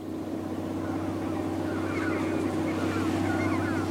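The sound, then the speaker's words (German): A blue boat, with a man fleeing in it, moves across the water, its engine giving a steady low droning hum over a constant hiss of wind and splashing water, with no voices throughout. “Er versucht, mit einem Boot abzuhauen.”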